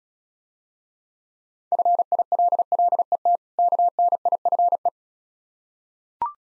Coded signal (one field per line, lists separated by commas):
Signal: Morse code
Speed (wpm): 36 wpm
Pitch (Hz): 700 Hz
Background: none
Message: FILLET KNIFE